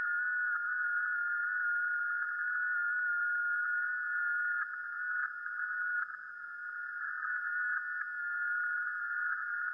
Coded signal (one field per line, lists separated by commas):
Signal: FT8